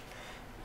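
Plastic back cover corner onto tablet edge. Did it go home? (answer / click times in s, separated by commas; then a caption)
no / none. Someone presses the right corners of a plastic Simplism Smart Back Cover onto the edge of an Apple iPad 3 (2012), after the left corners are already snapped in. Only a steady, even hiss is heard for the 0.7 seconds, with no sharp transients. The right corners do not snap in, and nothing has seated or clicked yet.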